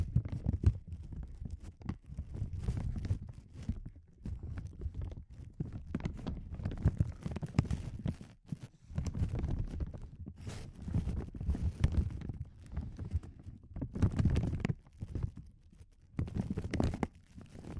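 Soft crinkling comes in irregular, uneven bursts with crisp crackles on top, a duller rumbling underneath, and brief quiet gaps between handlings.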